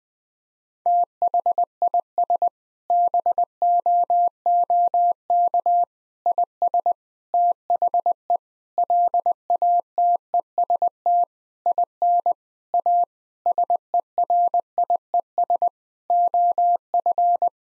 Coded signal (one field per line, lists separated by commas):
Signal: Morse code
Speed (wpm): 21 wpm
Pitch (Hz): 700 Hz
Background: none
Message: THIS BOOK IS THE LATEST IN A SERIES OF